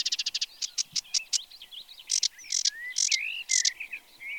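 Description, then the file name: Sedge warbler song opening with a quick rattling series, then harsh chattering notes mixed with sweet rising whistles and slurred phrases. "Phragmite des joncs"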